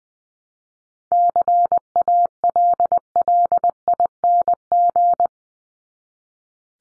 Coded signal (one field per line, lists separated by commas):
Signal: Morse code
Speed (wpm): 20 wpm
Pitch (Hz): 700 Hz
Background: none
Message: CALLING